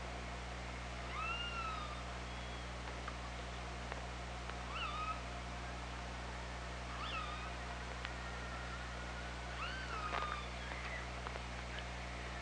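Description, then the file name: Killer whale pulsed calls, several squealing tones that rise and fall with harmonics, coming every few seconds over steady underwater hum and scattered clicks. Recorded underwater by the OrcaLab hydrophone on 24 August 2017 at 17:12:49. "Orca Lab UTLN JASON 20170824 171249"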